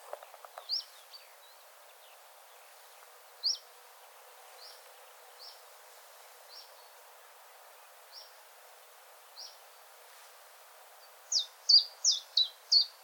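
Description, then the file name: Common chiffchaff song: high, sharp downslurred notes given singly at irregular gaps, then a quick burst of five bright notes near the end. "zilpzalp"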